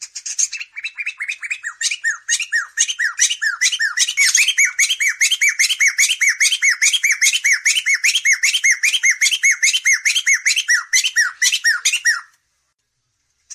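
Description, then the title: Bird song: long run of rapid repeated upswept notes with dense high buzzy chatter layered above, steady for about twelve seconds, then stopping abruptly. Training songs used to teach caged songbirds (masteran). "Masteran Burung"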